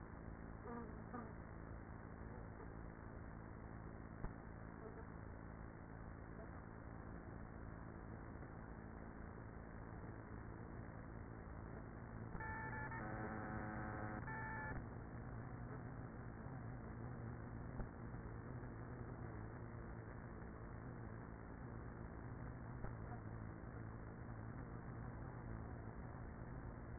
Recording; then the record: honeybee colony, microphone inside the hive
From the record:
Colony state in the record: queenless with a low population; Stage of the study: after two queens were removed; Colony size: about 30,000 bees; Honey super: no